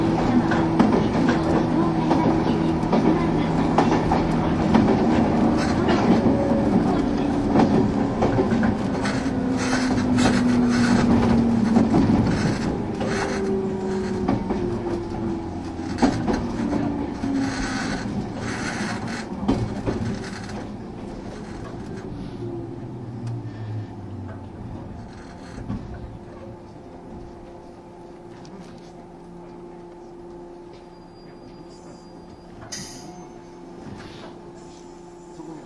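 A train on the Bantan Line runs along with a steady rumble and a mix of clattering, squealing tones in the first half, including a sliding whine around ten to twelve seconds. The noise gradually eases, settling into a quieter hum with occasional clicks toward the end.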